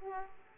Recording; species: mosquito wingbeat signal from an infrared sensor; Aedes aegypti